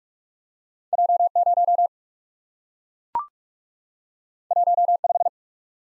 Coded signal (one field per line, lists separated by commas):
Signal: Morse code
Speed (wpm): 44 wpm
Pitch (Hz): 700 Hz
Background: none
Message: J 0 1 5